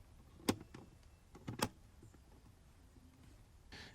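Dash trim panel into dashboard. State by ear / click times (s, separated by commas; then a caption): seated / 0.5 s, 1.6 s. A plastic dash trim panel behind the glove box of a 2011 Infiniti G37 is pushed back into the dashboard after its two slots are slid in, during a cabin air filter change. Two sharp snaps are heard at 0.5 s and 1.6 s, with a few lighter clicks and rustles between them. The panel is seated in place.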